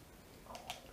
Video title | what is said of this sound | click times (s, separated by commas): Milwaukee - Why did I buy another drill? | I didn't get a vet push it in and it clicks in place look did so | 0.7 s